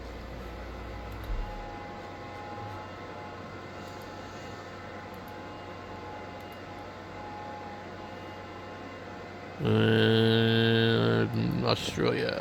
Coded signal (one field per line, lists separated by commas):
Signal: FT8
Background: speech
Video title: Cheap ham radios on qrz